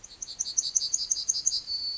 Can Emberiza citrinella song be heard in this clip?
yes